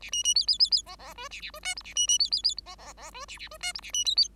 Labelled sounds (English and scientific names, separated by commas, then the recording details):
Bengalese Finch (Lonchura striata domestica) song
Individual Bird5